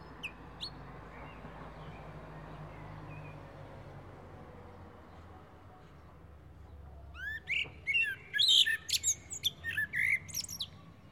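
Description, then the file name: Common blackbird song appears after several seconds of low background rumble: a burst of rising whistles and squeaky high twittering. "Turdus merula"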